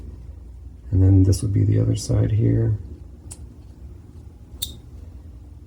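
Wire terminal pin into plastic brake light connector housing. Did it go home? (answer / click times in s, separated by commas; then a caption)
yes / 4.6 s. A wire's metal terminal pin for a GX460 third brake light is pushed into the other side of the plastic connector housing, without splicing or soldering. Someone talks at first, then a faint tick comes at 3.3 s and a sharp click at 4.6 s as the second terminal pin clips in and seats.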